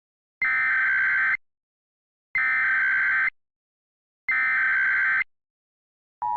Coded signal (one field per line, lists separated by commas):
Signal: Emergency Alert System (SAME) tones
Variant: header bursts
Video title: EAS Mock: Thank you for 400 subscribers! (Q&A Announcement, form is currently open!)